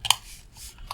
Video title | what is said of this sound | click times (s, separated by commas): Cheap Multimeter Showdown - ANENG vs UNI-T. What is the best cheap multimeter 2023 | well I will say the batteries are very secure in here they really really click into place that's probably quite handy | 0.1 s